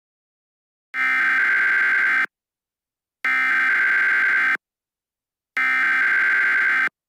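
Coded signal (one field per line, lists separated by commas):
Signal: Emergency Alert System (SAME) tones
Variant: header bursts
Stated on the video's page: Fictional scenario.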